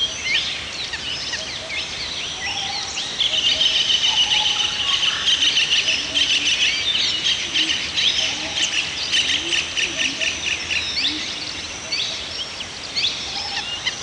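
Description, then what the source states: Birds singing: many overlapping high chirps, twitters and a short buzzy trill from several birds, over a steady hiss of background noise. Birds singing in a forest.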